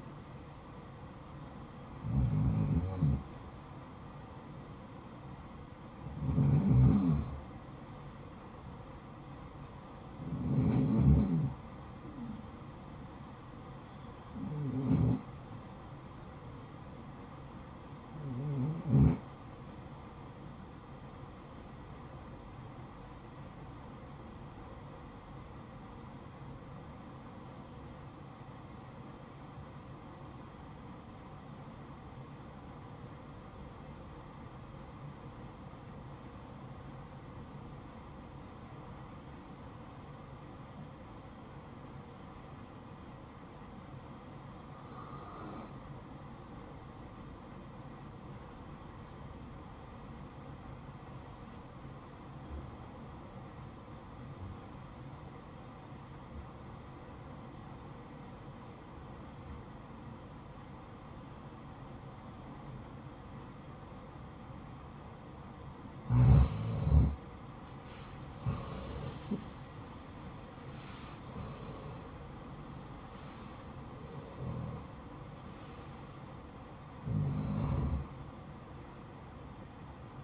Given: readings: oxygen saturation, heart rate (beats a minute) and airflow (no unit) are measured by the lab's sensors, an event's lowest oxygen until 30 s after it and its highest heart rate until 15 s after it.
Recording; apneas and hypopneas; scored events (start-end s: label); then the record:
breathing in sleep by a smartphone at the bedside; 1
26.00-66.80 s: obstructive apnea (REM, oxygen 96% highest, then 80% lowest, heart rate 63 at the start, 80 highest)
From the record:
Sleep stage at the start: REM sleep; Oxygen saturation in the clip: 81 to 96%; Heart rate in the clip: 60 to 80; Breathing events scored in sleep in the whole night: 573 in 9.8 hours asleep